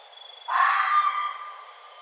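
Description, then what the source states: Red fox giving a lone raspy call, loud at onset and slowly tapering, with a quiet high whine behind it. Recorded 1 November 2011.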